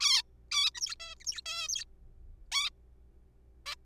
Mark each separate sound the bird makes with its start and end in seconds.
0.01-0.22, 0.52-0.70, 0.75-0.95, 1.00-1.14, 1.20-1.24, 1.26-1.41, 1.46-1.68, 1.69-1.84, 2.52-2.70, 3.66-3.75